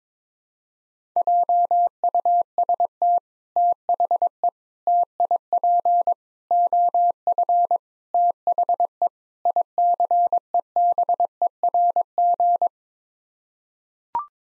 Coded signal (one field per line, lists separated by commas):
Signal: Morse code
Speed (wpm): 22 wpm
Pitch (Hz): 700 Hz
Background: none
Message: JUST THE TIP OF THE ICEBERG